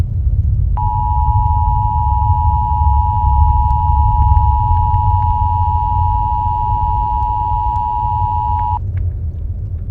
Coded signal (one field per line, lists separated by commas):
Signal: Emergency Alert System (SAME) tones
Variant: 853 and 960 Hz attention tone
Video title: EAS Scenario - Natures Revenge (Part 1)